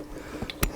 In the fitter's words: this goes in there that locks into place and he has not staying locked in right